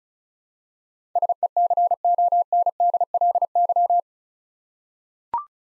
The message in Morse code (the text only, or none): SECONDLY